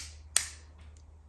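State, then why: Released. Pressing the two release tabs on a plastic magnetic quick-release mount frees it from an Insta360 Ace Pro action camera with a single sharp pop at 0.4 s. A faint soft tick follows near 1.0 s, and the mount comes off, released.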